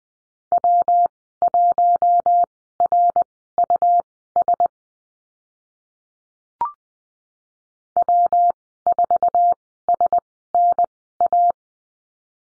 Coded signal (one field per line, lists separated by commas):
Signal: Morse code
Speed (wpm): 20 wpm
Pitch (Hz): 700 Hz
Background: none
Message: W1RUS W4SNA